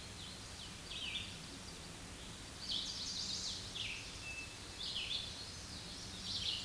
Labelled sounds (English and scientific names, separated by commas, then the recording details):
Red-eyed Vireo (Vireo olivaceus) song
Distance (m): 15 m
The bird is about 5 m above the microphone
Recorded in a Pennsylvania forest on 16 May 2024 at 07:51
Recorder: AudioMoth, point MSD-2287
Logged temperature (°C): 11.2 °C
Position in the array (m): 150 m, 29 m